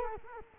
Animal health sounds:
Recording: mosquito wingbeat signal from an infrared sensor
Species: Culex quinquefasciatus

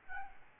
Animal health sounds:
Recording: mosquito wingbeat signal from an infrared sensor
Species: Aedes albopictus

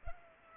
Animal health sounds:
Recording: mosquito wingbeat signal from an infrared sensor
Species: Culex pipiens

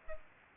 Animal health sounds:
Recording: mosquito wingbeat signal from an infrared sensor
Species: Culex pipiens

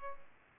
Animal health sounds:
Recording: mosquito wingbeat signal from an infrared sensor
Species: Culex pipiens

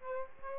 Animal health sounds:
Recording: mosquito wingbeat signal from an infrared sensor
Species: Aedes aegypti

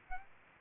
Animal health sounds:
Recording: mosquito wingbeat signal from an infrared sensor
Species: Aedes aegypti

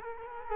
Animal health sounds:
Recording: mosquito wingbeat signal from an infrared sensor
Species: Culex quinquefasciatus

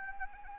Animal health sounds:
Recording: mosquito wingbeat signal from an infrared sensor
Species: Anopheles arabiensis

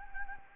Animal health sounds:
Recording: mosquito wingbeat signal from an infrared sensor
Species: Anopheles gambiae

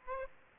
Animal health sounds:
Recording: mosquito wingbeat signal from an infrared sensor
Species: Aedes aegypti

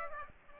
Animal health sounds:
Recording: mosquito wingbeat signal from an infrared sensor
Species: Aedes aegypti

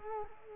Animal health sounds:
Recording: mosquito wingbeat signal from an infrared sensor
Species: Culex quinquefasciatus

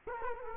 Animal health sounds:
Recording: mosquito wingbeat signal from an infrared sensor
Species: Culex quinquefasciatus

